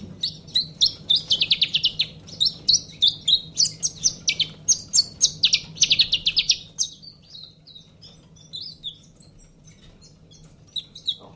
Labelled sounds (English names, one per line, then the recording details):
Common Chiffchaff call
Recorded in captivity
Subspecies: collybita
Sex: diverse
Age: adult
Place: Zoologisches Institut Universität Tübingen, Baden-Württemberg, DE
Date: 1964-09-18 13:30
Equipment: Nagra III PH, Parabolspiegel, LGS26
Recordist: Schneider, Hans-Joachim